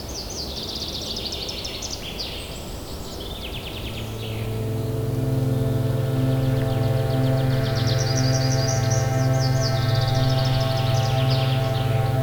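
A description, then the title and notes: Birds chirp and trill brightly in the first few seconds over a soft background hiss. Around four seconds a low, sustained tone swells in and holds steadily, getting louder, while quick bird calls return above it near eight to eleven seconds. Relaxing Nature Sounds with Piano.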